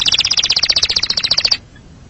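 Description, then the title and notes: Canary song: a single fast, even trill of bright repeated notes lasting about one and a half seconds, then quiet. "Suara Burung Kenari"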